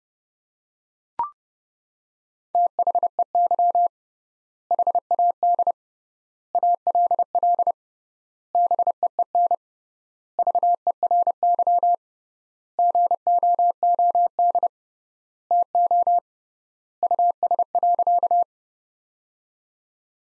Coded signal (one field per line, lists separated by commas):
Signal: Morse code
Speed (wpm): 30 wpm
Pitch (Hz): 700 Hz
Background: none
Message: THEY HAD ALL BEEN VERY GOOD TO US.